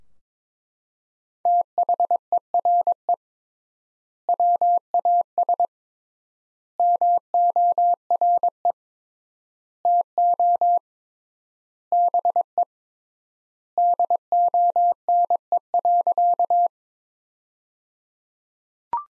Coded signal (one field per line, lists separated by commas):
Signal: Morse code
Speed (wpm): 21 wpm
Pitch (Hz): 700 Hz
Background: none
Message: THERE WAS MORE TO BE DONE.